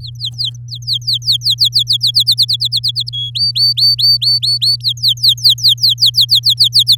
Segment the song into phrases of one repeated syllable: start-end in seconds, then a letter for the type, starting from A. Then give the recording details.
0.00-2.11 A, 2.14-3.10 B, 3.13-3.30 C, 3.35-4.76 D, 4.80-6.96 A. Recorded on 8 May 2018 at 13:23. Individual llb16